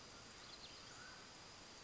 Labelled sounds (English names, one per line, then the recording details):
Mountain Quail
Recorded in Sonoma County, California